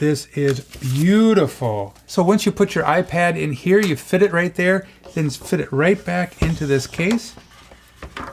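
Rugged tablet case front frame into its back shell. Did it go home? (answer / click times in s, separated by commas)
yes / 8.0 s, 8.2 s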